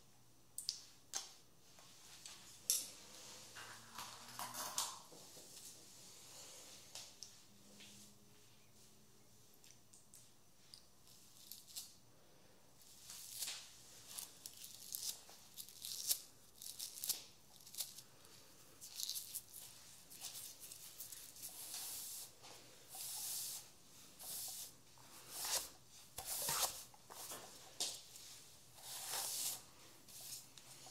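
A quiet haircut with crisp bursts of scissor snips and brushing, sparse at first, then quick and frequent after fifteen seconds.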